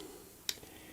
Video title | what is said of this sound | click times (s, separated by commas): FOXEER BOX 4K My quad's favorite new camera | and snaps into place. | 0.5 s